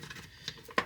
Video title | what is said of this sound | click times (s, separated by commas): Boost Auto LED Licence Plate Lights Ford Super Duty F350 | Hear that one click? | 0.8 s